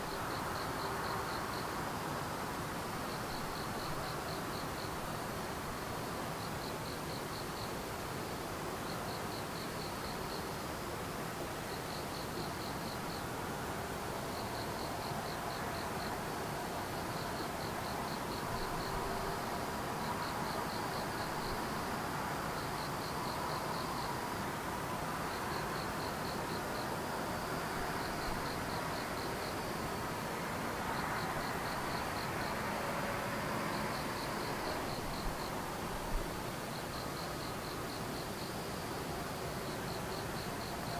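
Insects call without a break, a high, thin, rapidly pulsing trill that comes in short bursts every second or so across the whole recording. Beneath it runs a steady, dense rushing noise with a low rumble, like constant traffic, that barely changes in level.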